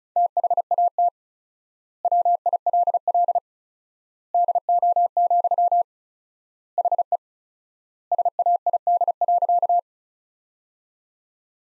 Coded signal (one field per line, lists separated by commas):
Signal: Morse code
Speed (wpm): 36 wpm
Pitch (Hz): 700 Hz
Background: none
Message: THAT WILL DO, HE SAID.